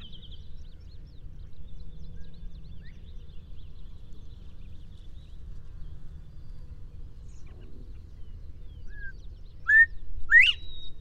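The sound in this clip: Northern bobwhite whistled call late: two short soft notes, then a loud, sharply rising whistle, over steady low rumbling background noise.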